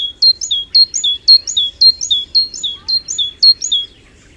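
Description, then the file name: Great tit song: a crisp high phrase repeated evenly several times before stopping. "Parus major"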